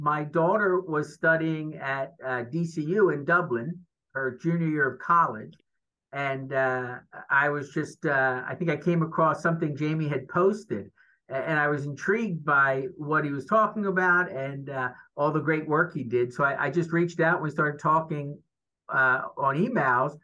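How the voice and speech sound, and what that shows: An adult man speaks fluently at a relaxed conversational pace in a clear, steady voice: typical speech.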